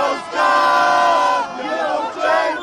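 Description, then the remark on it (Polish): A loud crowd of Polish fans with white-and-red flags, hats and scarves cheers and chants for the Polish team at the team ski jumping event of the PyeongChang Winter Olympics, while brassy trumpets blare over them in long, sustained blasts, the roar swelling and dipping in three surges. “Z biało-czerwonymi flagami, kapeluszami, szalikami i nieodłącznymi trąbkami z całych sił dopingowali naszych zawodników.”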